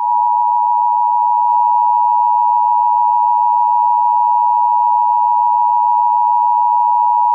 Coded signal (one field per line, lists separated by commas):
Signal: Emergency Alert System (SAME) tones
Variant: 853 and 960 Hz attention tone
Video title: EAS Scenario : KID ON THE LOSE